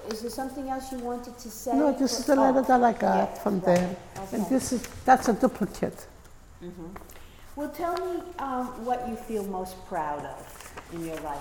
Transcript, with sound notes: is there something else you wanted to say?
No, this is a letter that I got from there. And this is (papers rustling) —that's a duplicate.
Well, tell me what you feel most proud of in your life.